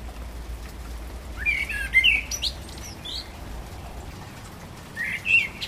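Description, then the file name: Common blackbird song: a mellow warbled phrase with squeaky high additions, then after a pause a shorter whistled phrase, over a faint low rumble. Recorded on 12 April 2010. "Amsel 20100412"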